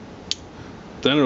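The scissor spring on a Leatherman Wingman multitool lacks the tension to drop into place by itself, so it is pushed down by hand. It seats with a loud, sharp click at 0.3 s, and then someone talks.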